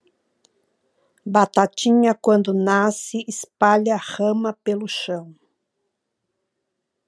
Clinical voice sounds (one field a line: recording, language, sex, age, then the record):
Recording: short text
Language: Brazilian Portuguese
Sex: female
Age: 60 to 69 years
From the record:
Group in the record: control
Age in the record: 63 years